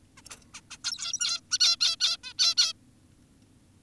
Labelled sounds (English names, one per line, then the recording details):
Zebra Finch
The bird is an adult
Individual g17y2U